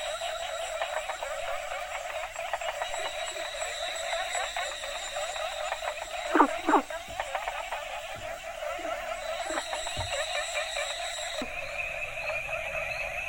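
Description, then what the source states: Frogs trilling and buzzing in a busy chorus, a pair of loud croaks near the middle, then the sound shifts abruptly to a different chorus pitch. A variety of Asian frog species calling together.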